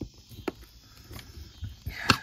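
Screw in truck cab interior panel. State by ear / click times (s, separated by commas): stripped / 0.5 s, 2.1 s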